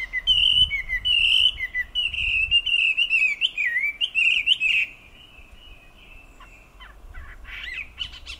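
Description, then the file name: Chinese hwamei song: sustained melodious whistles with warbling turns for about five seconds, then a brief lull and a few renewed notes. "Garrulax canorus"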